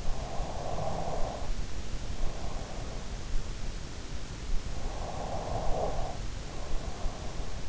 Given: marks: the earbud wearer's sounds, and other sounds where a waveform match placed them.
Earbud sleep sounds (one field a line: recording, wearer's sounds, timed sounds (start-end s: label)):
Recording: sounds in sleep by an in-ear microphone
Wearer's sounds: breath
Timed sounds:
0.12-2.97 s: breath
4.58-7.69 s: breath